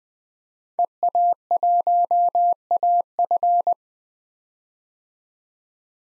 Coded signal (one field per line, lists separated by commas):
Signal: Morse code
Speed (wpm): 20 wpm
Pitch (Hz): 700 Hz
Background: none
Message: EA1AF